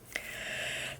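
A black metal eyelet is pressed into a paper or card stock masterboard with a hand eyelet-setting tool. A short, sharp click at 0.2 s marks the eyelet locking in place, followed by a steady mid-high hiss and low hum that fade near the end. The eyelet is seated.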